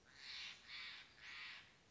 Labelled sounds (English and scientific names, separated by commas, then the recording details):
Steller's Jay (Cyanocitta stelleri)
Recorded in Sonoma County, California